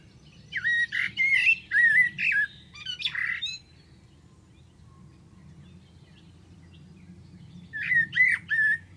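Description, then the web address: Bird calls: a burst of several harsh, squawking notes over about three seconds, a quiet gap, then another burst of squawks near the end; low background hum throughout. "Deverinetal. Bird Only"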